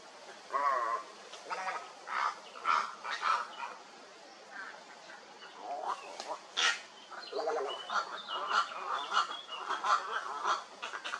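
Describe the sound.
Heron calls: harsh, nasal croaks with strong harmonics, given in bursts by several birds, overlapping and repeated.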